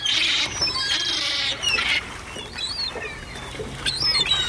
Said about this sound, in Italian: Sono gabbiani, li avrete probabilmente riconosciuti. E perché parliamo di gabbiani a Genova? Perché succede che l'aeroporto è davvero praticamente invaso da questi volatili e non si sa più come scacciarli.